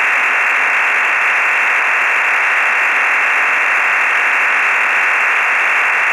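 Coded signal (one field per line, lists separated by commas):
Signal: digital SSTV (DRM)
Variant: EasyPal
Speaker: k 3f MLT full resolve at 10 DB here okay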